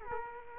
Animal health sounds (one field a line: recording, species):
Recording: mosquito wingbeat signal from an infrared sensor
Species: Culex quinquefasciatus